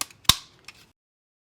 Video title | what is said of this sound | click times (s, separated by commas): Part 4: AMBIENT LED VENTS - How to install on 2015+ Mercedes W205 C-Class | And I could snap it right into place. And that will hold the outer ring onto the vent. | 0.0 s, 0.3 s